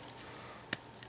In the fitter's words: and they click into space into place